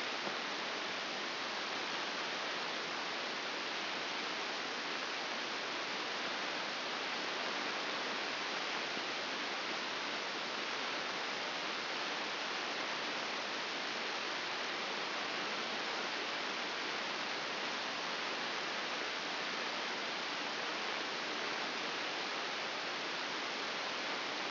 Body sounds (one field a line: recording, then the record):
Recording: brain microelectrode recording played as sound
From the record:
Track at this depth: outside the subthalamic nucleus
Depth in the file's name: 6.861 mm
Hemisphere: left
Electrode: 2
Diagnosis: Parkinson's disease